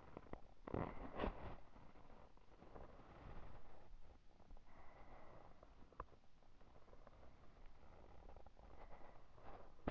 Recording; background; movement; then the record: deep breathing; quiet; sitting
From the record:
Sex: female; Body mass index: 22.6 kg/m2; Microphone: on the chest, facing the body